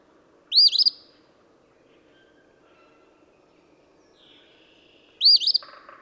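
Eastern phoebe giving two scratchy 'fee-bee' phrases nearly five seconds apart, a brief burst of other bird chatter at the end.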